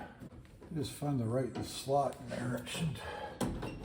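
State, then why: Released. A special clip tool is worked into the slot behind the door handle of a 1970 GMC C2500 truck door to free the small metal door handle retaining clip while someone talks. A short, sharp pop at 3.4 s marks the clip popping out and letting go.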